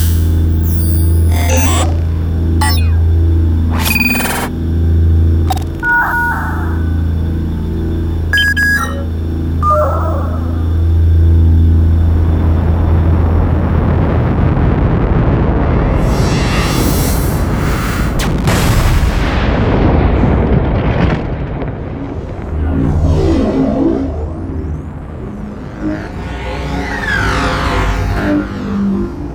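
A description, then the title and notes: A low cockpit hum with scattered beeps gives way to a loud roaring rumble as spaceships sweep past, ending in falling whooshes. Cargo - Spaceship Sound Effects. Cockpit and interior ambiences, interface and beep sounds, reactor rumbles, spaceship passby sounds.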